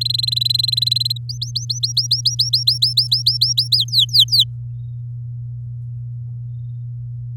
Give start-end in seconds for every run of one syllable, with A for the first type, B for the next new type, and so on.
0.01-1.18 A, 1.29-3.77 B, 3.77-4.44 C